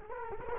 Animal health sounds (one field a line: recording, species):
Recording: mosquito wingbeat signal from an infrared sensor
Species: Culex quinquefasciatus